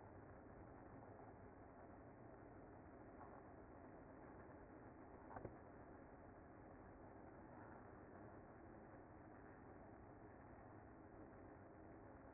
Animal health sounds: honeybee colony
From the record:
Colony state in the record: active

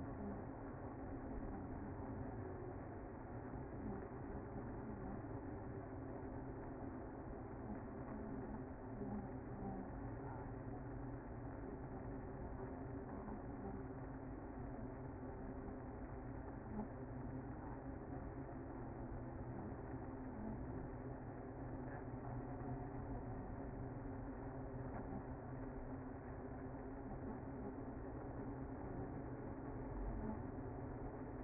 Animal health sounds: honeybee colony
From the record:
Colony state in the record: active

